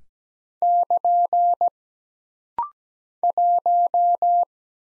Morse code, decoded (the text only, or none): <KN> 1